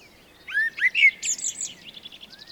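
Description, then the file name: Eurasian blackbird with a short phrase of fluty whistled notes ending in a high, thin squeaky twitter. "Turdus merula"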